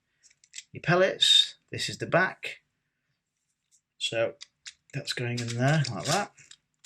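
Someone talks while handling the rear cap of the CO2 pellet magazine for a Sig Sauer M17 .177 pellet CO2 air pistol, lining it up to go into the magazine body. A few faint ticks are heard near the start and again at about 6.5 seconds. Nothing has seated or clicked into place yet.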